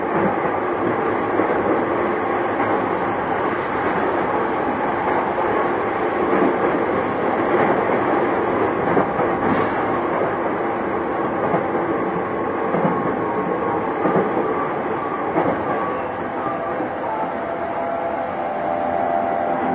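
A JR East E233 series train runs toward Odawara, heard as a steady, dense rumble and hum that barely changes over the twenty seconds. Faint whining tones and light rattles drift through, with a few brief clunks around the middle and near the end.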